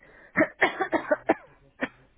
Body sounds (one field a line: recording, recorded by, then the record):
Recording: voluntary cough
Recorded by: telephone call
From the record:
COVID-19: positive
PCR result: checked with the laboratory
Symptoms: yes